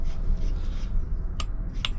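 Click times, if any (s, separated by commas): 1.8 s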